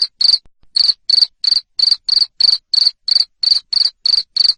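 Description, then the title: Cricket, shrill high chirps in quick regular succession after a short hesitant start. Loud cricket chirping (Indonesian "jangkrik ngerik") used to stimulate lovebirds to keep singing ("ngekek"). "Suara JANGKRIK NGERIK Keras Bikin LOVEBIRD Jadi NGEKEK Terus Vubey"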